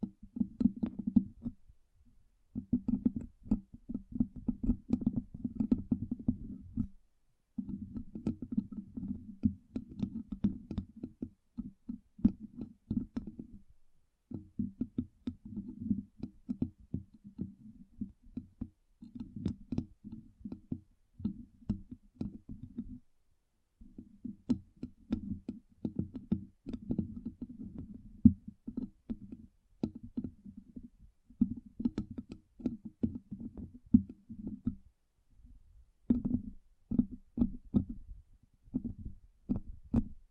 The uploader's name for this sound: Tapping Tingle Immunity Treatment (No Talking)